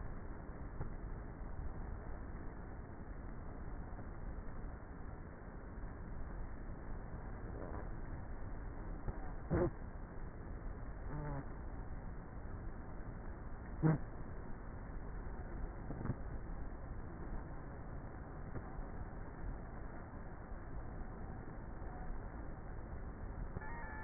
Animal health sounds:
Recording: honeybee colony, microphone inside the hive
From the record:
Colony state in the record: queenless with a low population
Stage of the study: before two queens were removed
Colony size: about 30,000 bees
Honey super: no

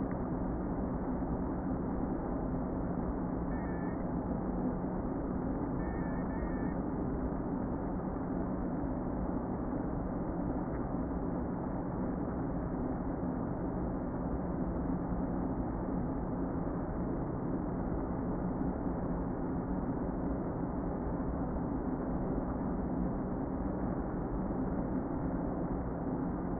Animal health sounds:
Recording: honeybee colony, microphone inside the hive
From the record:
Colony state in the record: queen present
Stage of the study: before two queens were removed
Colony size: about 60,000 bees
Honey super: yes

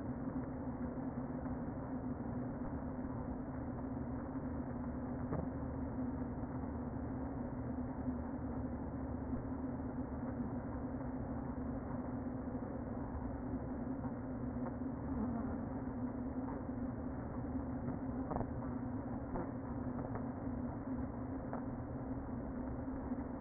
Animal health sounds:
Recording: honeybee colony, microphone inside the hive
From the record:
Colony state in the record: queen present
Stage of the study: before two queens were removed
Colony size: about 60,000 bees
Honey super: yes

